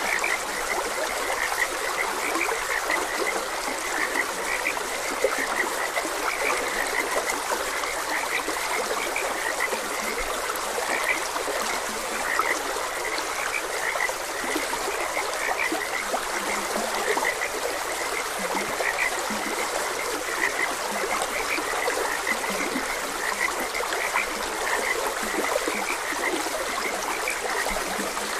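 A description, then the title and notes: A gentle stream runs steadily under a dense, unbroken chorus of frogs croaking, their calls packed so closely they blur into one bright, rattling texture. The level holds even for the whole stretch, with little low rumble and no pauses or standout events. Gentle Stream and Frogs Croaking.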